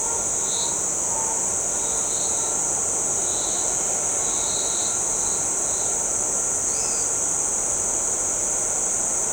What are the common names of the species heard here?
Great Kiskadee